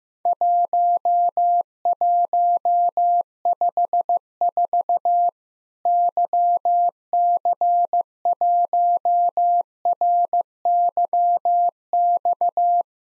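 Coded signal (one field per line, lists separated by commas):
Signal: Morse code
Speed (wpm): 15 wpm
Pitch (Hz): 700 Hz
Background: none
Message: 1154 YC1RYX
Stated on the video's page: Morse practice of Worked All Europe DX Contest QTC exchanges at 15 wpm, including random misses with repeats requested.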